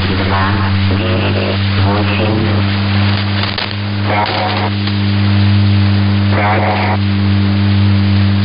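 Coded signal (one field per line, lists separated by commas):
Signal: numbers station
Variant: S06s Russian Lady, Russian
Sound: a woman's voice reading short separate words, about six, over a steady hum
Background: low hum, radio static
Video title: 20 06 2019 S06s Russian Lady numbers station in Russian to Eu 0930 on 9256 unknown tx site USB+AM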